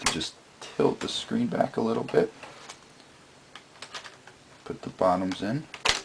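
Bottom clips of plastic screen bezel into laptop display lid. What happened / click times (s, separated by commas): Handled, not yet home: light plastic taps while the bezel's bottom edge is fitted, no clear seating snap / none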